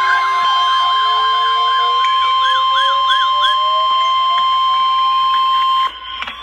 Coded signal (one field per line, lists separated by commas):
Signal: Emergency Alert System (SAME) tones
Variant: 1050 Hz attention tone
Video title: DOUBLE HEADER Severe T-Storm Watch 341 Expansion (EAS #1,424-1,425)